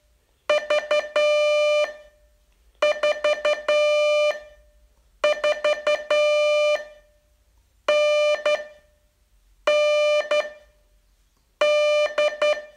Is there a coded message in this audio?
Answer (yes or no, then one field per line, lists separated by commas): yes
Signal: Morse code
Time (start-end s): 0.5-12.5 s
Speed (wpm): 10 wpm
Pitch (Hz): 600 Hz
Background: music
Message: V 4 4 N N D